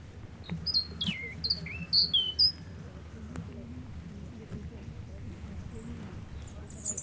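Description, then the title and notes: European robin singing a short burst of sharp, high, wavering whistles from about half a second to two and a half seconds in, then a few faint high notes near the end over a low background rumble. Unafraid bird singing close; beach at Aix-les-Bains, France; distant town noise; Zoom H4n Pro recorder. "Aix-les-Bains, France - Tout près. un rouge-gorge chante tout près et vient se poser à 2mètres échange de regards ,il n'est pas craintif, il rejoint son perchoir dans l'arbre et délivre une série de cliquetis"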